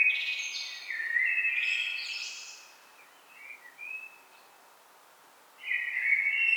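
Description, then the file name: Common blackbird song, a phrase of fluty notes with a high scratchy flourish, a few short soft notes, then another fluty phrase at the end. "Turdus merula"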